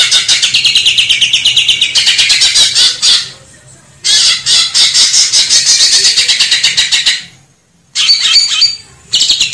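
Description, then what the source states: Grey-cheeked bulbul song: loud, harsh chattering bursts of rapid scratchy notes lasting one to three seconds, separated by brief pauses, over a faint low hum. Training song (masteran) for teaching cage birds.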